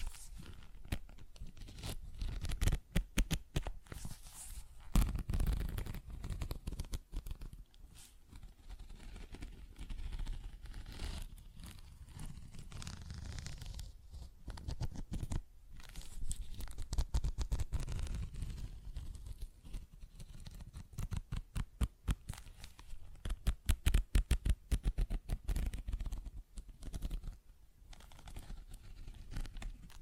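Tapping, scratching and zipper sounds fill the clip with dense bursts of sharp clicks and crinkly rasps, some quick runs of taps and some slower ones. A low rumble swells and fades underneath, and the pace stays busy throughout without a clear pause.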